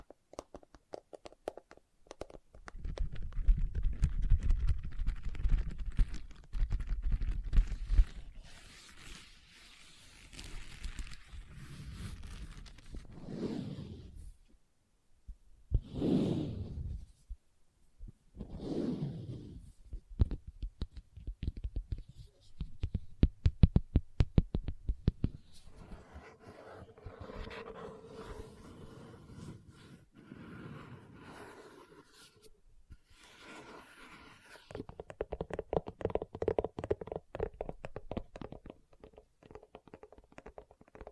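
Leather is tapped and scratched in dense, irregular bursts, with a heavy low rubbing rumble in the first ten seconds. Separate swelling strokes follow around 14 to 20 seconds, then lighter, brighter scratching with quiet gaps and a few sharp taps toward the end.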